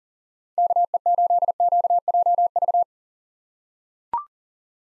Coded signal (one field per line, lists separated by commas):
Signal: Morse code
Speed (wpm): 40 wpm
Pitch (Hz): 700 Hz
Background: none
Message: KE8QJV